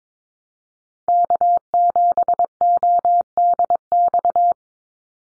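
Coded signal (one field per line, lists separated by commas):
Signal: Morse code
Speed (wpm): 22 wpm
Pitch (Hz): 700 Hz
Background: none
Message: K7ODX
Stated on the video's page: Head-copy drill of North American SOTA chaser callsigns at 22 wpm, each sent in Morse, spoken, then sent again.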